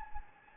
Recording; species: mosquito wingbeat signal from an infrared sensor; Anopheles gambiae